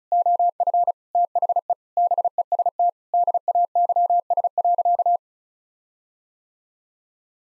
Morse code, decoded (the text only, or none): OF THE BEST DAYS.